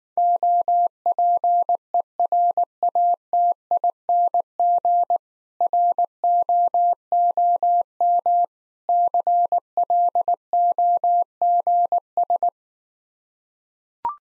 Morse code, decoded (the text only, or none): OPERATING ROOM CLOGS